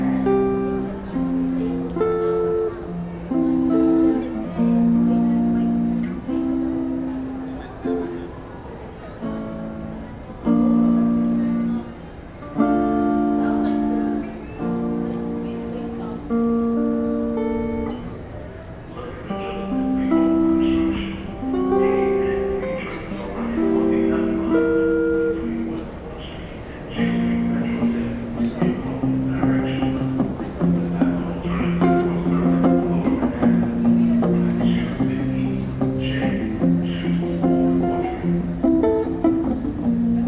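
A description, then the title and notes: A guitarist plays in New York's Columbus Circle station, picking a steady stream of warm, mid-low notes and chords that ring for the full forty seconds. Murmuring voices and a low rumble sit underneath, and the playing grows fuller after about twenty-seven seconds. New York City Columbus Circle Station ambience with guitarist playing.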